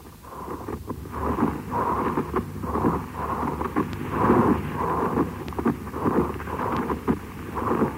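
Rhythmic grating, creaking sounds with each breath over an adult chest: another variant of pleural friction rub. It may be heard with inflammation of the pleural layers (dry pleurisy), with urea crystal deposits on them in uremia, and with tuberculous or cancerous involvement of the pleura.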